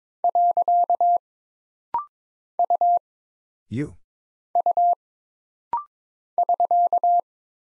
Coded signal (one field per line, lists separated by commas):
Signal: Morse code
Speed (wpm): 22 wpm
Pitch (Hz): 700 Hz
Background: none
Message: . U U <SK>